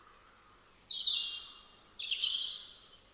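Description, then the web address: Robin song: two high phrases, each a thin drawn-out whistle over a fuller, shimmering trill, with steady background hiss. "Deverinetal 2025 File origin Bird Only Er Ru"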